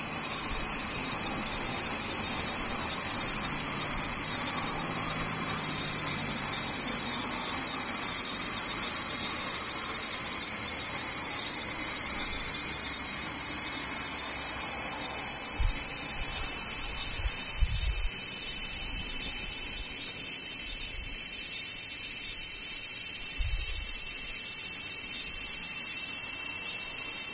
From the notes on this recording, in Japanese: セミ